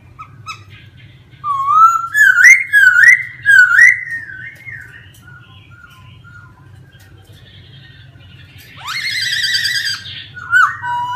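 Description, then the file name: Laughingthrush song: loud wavering whistled phrases for several seconds, a soft quiet stretch, then a rich buzzy warbling burst and a final rising whistle, over a low hum. Laughingthrush singing in a forest voice (giọng rừng). "Tieng khuou hot giong rung"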